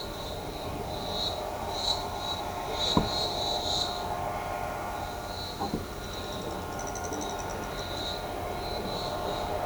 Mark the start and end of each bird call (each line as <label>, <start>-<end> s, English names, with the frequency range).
Tropical Kingbird (5.0-8.8 kHz), 5.90-8.00 s